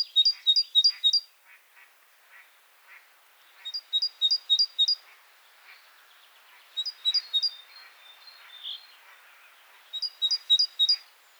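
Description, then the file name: Great tit repeating four short bursts of ringing two-note phrases, separated by quiet gaps with faint soft notes. "Parus major"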